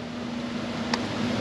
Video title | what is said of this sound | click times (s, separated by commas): Full Throttle Misfire! Ford 5.0 Coyote | click good all right all four of those guys are on moving on over to the other side let's get the remaining | 0.9 s